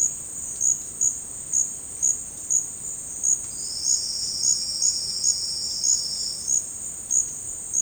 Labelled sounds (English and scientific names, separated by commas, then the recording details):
none
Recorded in dense forest near Puerto Asís, Putumayo, Colombia, on 19 February 2024 at 09:30
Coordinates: 0.472, -76.329
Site G6394